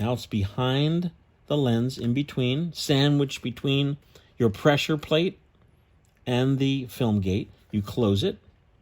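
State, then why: Not seated. Someone talks while handling a Fujica 8 T3 8mm movie camera, with double-8 film threaded behind the lens and sandwiched between the pressure plate and the metal film gate as the gate is being closed. Faint, brief handling sounds occur in a pause around 5.6 to 6.2 seconds. The clip ends before the film gate goes home, and nothing has seated or clicked yet.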